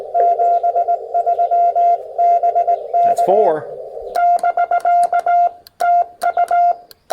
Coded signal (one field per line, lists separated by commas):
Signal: Morse code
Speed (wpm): 18 wpm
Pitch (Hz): 700 Hz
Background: speech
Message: 73 BK <BK> TU